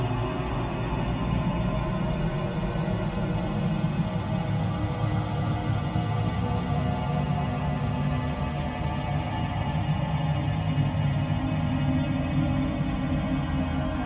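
Melting snow sounds shaped into a radio piece: a steady, dense low rumble with fine crackling texture, holding an even level throughout.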